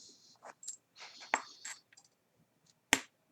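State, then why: Seated. A crimped metal wire terminal is pushed into the plastic connector housing of a NEMA 23 stepper motor plug while it is being wired. Soft scraping and small ticks lead up to a sharp snap at 2.9 s as the terminal locks into place, seated.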